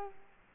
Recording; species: mosquito wingbeat signal from an infrared sensor; Culex quinquefasciatus